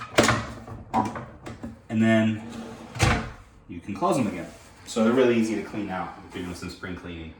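A removable cabinet drawer is set on its metal slide rails and pushed in until the rail latches engage, giving a sharp click at 0.2 s. Someone talks throughout, and the drawer is seated on its rails.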